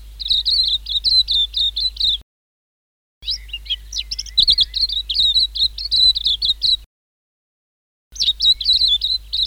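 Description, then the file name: White-eye song, lively twittering phrases of rapid high chirps in repeated bursts with pauses between, a soft low hum underneath. "suara-kicauan-burung-kacamata-perak -omkicau"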